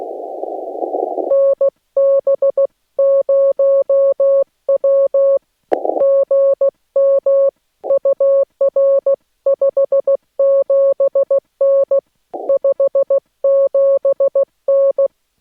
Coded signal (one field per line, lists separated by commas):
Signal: Morse code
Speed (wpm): 16 wpm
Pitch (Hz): 550 Hz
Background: none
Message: NB0W GM UR 57N 57N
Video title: Morse Code from Mammoth Cave National Park